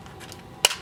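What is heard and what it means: A small plastic collectible orb is pulled forward out of the slot in the hilt of a DX Houou Blade toy sword, which has no release button. After a few faint light ticks, a sharp, loud snap at 0.6 s marks the orb coming free of its slot.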